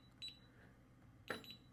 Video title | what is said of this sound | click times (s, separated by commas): Kaer 1400MD Gun Safe Review - Best Budget 10–12 Gun Rifle/Pistol Safe? | That's it, and I heard the click. It's open. | 1.3 s